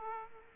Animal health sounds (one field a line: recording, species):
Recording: mosquito wingbeat signal from an infrared sensor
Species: Aedes aegypti